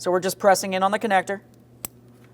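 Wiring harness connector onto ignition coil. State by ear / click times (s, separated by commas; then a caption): seated / 1.8 s. Someone talks while a plastic wiring harness electrical connector is pressed onto an ignition coil of a 2007-2014 Ford Edge 3.5L during valve cover replacement. A single sharp click sounds at 1.9 s, and the connector is seated before its red locking tab is pushed down.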